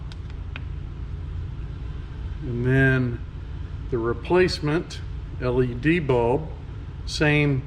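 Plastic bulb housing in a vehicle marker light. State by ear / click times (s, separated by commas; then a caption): released / 0.6 s. The small plastic bulb housing of a Jeep Wrangler marker light is squeezed at the top and bottom, giving faint ticks at 0.1 and 0.3 s and a sharp click at 0.6 s as it pops out of its socket. Someone then talks over a low rumble. The housing is released.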